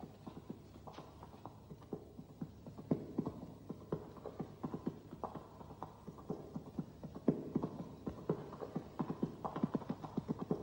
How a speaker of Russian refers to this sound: Варя и Гаврила падают с коня, конь скачет дальше.